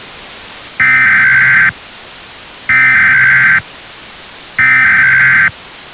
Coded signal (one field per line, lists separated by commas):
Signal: Emergency Alert System (SAME) tones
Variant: header bursts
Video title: EAS Special - Meltdown [REUPLOAD]